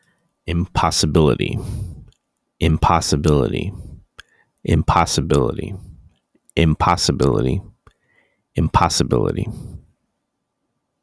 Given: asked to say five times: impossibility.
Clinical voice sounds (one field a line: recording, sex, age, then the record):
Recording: repeated word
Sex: male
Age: 30 to 39 years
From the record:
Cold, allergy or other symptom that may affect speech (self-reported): no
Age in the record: 36 years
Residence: Illinois, United States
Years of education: 16